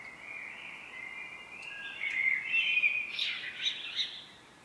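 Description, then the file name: Common blackbird singing a drawn-out mellow warble that rises into a burst of high, squeaky twittering notes at the end. "Turdus merula"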